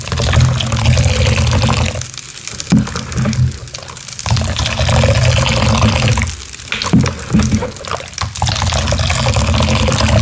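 Gym chalk and cornstarch are worked by hand, giving a thick, continuous hiss of pouring and mixing with a low rumble underneath. Short crunchy squeezes break through now and then, with brief quieter pauses around two, four, and six and a half seconds.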